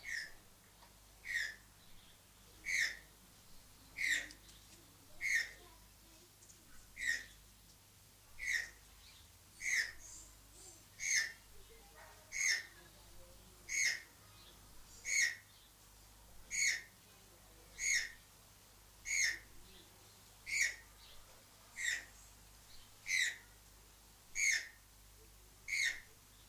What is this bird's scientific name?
Ramphastos vitellinus